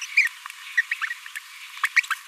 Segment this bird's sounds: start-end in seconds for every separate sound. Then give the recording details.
0.01-0.06, 0.16-0.28, 0.77-0.81, 0.91-0.94, 1.01-1.06, 1.96-2.00, 2.10-2.14. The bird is a male. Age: 26 days. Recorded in a nest box in Venezuela. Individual 17B42A3